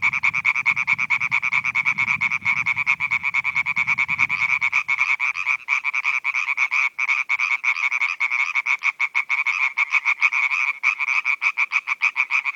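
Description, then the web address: European tree frogs giving loud rapid nasal croaks in steady pulsed series, with a low rumbling noise during the first few seconds. "Viltansou Rainettes. la rainette verte"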